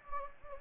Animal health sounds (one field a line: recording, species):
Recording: mosquito wingbeat signal from an infrared sensor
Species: Anopheles gambiae